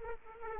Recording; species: mosquito wingbeat signal from an infrared sensor; Aedes aegypti